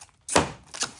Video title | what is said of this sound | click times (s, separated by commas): Hawkglow Headlight Assembly 2003-2006 Chevy Silverado And Avalanche | Snaps into place. | 0.4 s